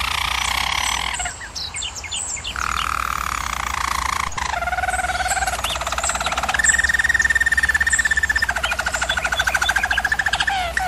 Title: German Roller Canary Singing - Canary Training Vid